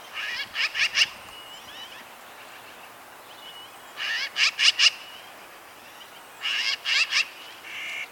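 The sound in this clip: Magpie chattering: harsh, dry rattling bursts of several notes, spaced a few seconds apart, with faint background hiss.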